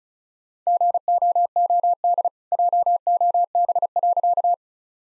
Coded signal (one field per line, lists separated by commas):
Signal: Morse code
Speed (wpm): 34 wpm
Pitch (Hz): 700 Hz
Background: none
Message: GOOD JOB.